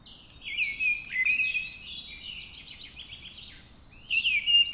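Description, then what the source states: Mistle thrush singing rich, slightly wavering whistled phrases, a long one early and another near the end, with faint high chirps from other birds. Singing at dawn.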